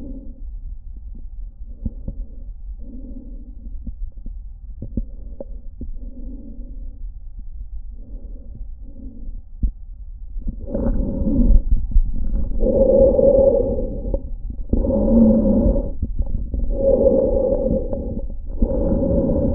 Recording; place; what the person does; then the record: lung sounds by stethoscope; trachea; quiet breathing, then deep breathing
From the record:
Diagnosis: interstitial lung disease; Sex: male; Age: 75 years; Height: 167 cm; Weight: 68 kg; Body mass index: 24.4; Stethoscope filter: diaphragm mode